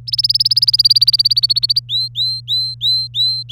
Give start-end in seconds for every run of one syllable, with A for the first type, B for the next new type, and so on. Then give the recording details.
0.07-1.79 A, 1.89-3.52 B. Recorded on 26 April 2018 at 16:25. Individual llb3